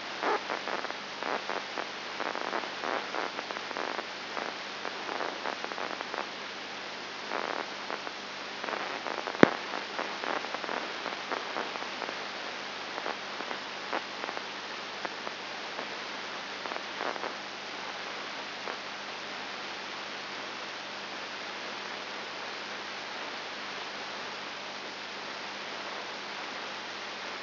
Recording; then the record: brain microelectrode recording played as sound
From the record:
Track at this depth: outside the subthalamic nucleus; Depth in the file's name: 6.1 mm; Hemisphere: left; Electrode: 2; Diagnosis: Parkinson's disease